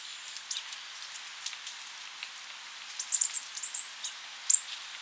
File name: Psaltriparus minimus - American Bushtit